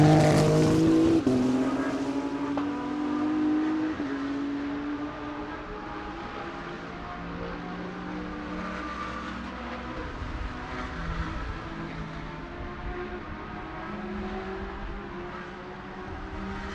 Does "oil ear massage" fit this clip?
no